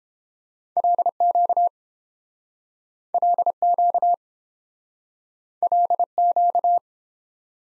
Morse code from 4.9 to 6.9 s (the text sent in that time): LQ